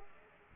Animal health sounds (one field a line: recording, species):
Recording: mosquito wingbeat signal from an infrared sensor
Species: Aedes aegypti